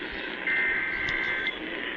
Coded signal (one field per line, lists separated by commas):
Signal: Emergency Alert System (SAME) tones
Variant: header bursts